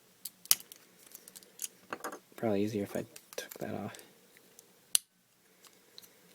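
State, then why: Seated. A plastic cannon accessory is plugged onto the clip peg on an action figure's arm. Someone talks over small handling clicks and taps, then a sharp snap at 4.9 s marks the clip seating into place.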